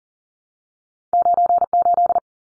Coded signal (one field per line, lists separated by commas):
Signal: Morse code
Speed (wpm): 40 wpm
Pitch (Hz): 700 Hz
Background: none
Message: 98